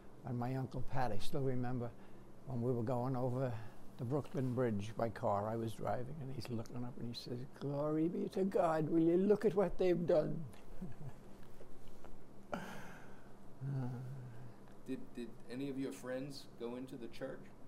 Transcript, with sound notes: And my Uncle Pat, I still remember when we were going over the Brooklyn Bridge by car. I was driving. And he's looking up and he says, "Glory be to God. Will you look at what they've done?" [chuckles]
Did — did any of your friends go into the church?